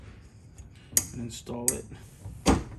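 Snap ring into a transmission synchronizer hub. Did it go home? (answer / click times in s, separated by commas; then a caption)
no / none. A second steel snap ring (key spring) is hooked on a shifting key of a manual-transmission synchronizer hub during an R Series transmission Dyna fifth gear mod, while someone talks. Sharp metallic handling knocks sound at about 1.0 s and 2.5 s, with softer touches near 0.6 s and 0.8 s. Nothing has seated or clicked into place yet.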